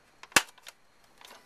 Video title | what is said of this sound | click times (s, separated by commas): Rainbow Vacuum Cleaner Repair Waldorf Md., Severna Park Md. | till it snaps. | 0.4 s